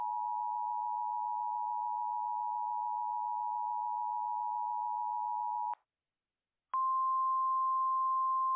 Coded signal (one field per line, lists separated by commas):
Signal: Emergency Alert System (SAME) tones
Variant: 853 and 960 Hz attention tone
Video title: April 5th, 2023 PRP Tornado Video (with an EAS Alert)